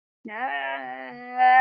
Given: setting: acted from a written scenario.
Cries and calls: vocal sound without words; pain

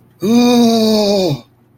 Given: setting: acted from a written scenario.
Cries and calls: vocal sound without words; distress

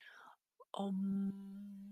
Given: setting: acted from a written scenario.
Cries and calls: vocal sound without words; serenity

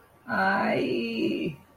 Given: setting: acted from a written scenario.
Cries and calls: vocal sound without words; pain

